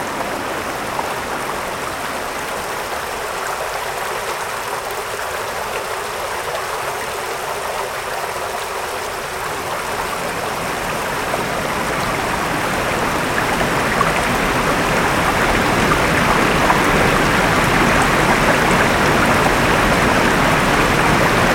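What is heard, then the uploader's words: Mountain river water rushes in a steady, dense hiss that grows louder and fuller after about ten seconds, filling in the low end. PH - Mountain Rivers by Phonophilist.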